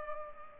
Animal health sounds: mosquito wingbeat signal from an infrared sensor; Culex pipiens

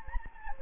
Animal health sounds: mosquito wingbeat signal from an infrared sensor; Anopheles gambiae

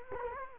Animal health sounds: mosquito wingbeat signal from an infrared sensor; Culex quinquefasciatus

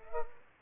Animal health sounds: mosquito wingbeat signal from an infrared sensor; Culex pipiens

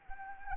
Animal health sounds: mosquito wingbeat signal from an infrared sensor; Anopheles arabiensis

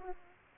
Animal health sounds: mosquito wingbeat signal from an infrared sensor; Aedes aegypti

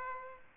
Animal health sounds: mosquito wingbeat signal from an infrared sensor; Aedes aegypti

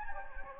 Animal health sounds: mosquito wingbeat signal from an infrared sensor; Anopheles gambiae

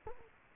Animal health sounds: mosquito wingbeat signal from an infrared sensor; Culex quinquefasciatus

